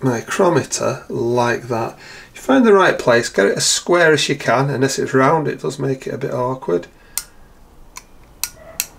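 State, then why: Torque reached. Someone talks for about the first seven seconds while a steel outside micrometer is closed onto an engine piston from a barn-find Triumph T140 Bonneville. Quiet sharp ticks follow, and the micrometer's ratchet thimble slips and clicks at 8.4 s and 8.8 s, showing the anvils are fully on the piston at contact pressure.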